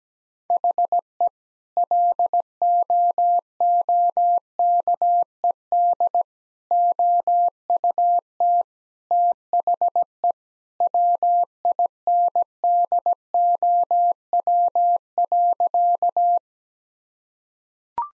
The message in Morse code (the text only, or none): HE LOOKED OUT THE WINDOW.